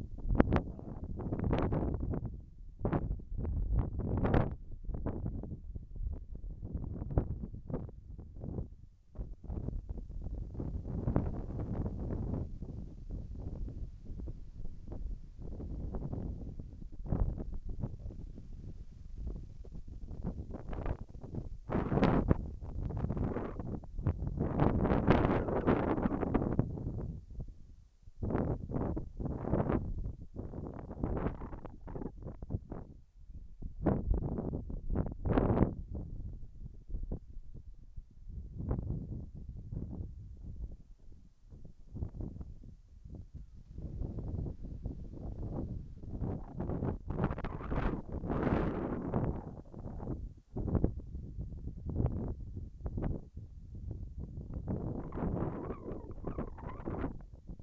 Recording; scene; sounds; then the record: everyday scene through a hearing-aid microphone; wind on the microphone; wind, whistling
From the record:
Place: in front of a rural house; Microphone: behind the ear, left, front